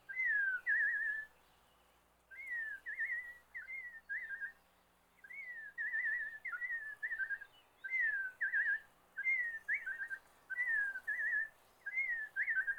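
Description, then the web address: Robin: clear whistled phrases, each slurring down then wavering, in short runs with brief pauses, repeated throughout. "Bird Calls Robin"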